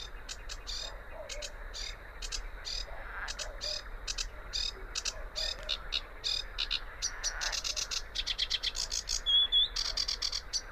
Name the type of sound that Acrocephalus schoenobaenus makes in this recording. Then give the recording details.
song. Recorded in the wild. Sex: male. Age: adult. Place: Teerofenbrücke, Nationalpark Unteres Odertal, Brandenburg, DE. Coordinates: 53.1508, 14.3608. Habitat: wetland. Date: 2013-05-04 23:50. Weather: clear, windless, 5°C. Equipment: Sound Devices 702, Sennheiser MKH 70, Rycote Windschutz. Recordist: Frommolt, Karl-Heinz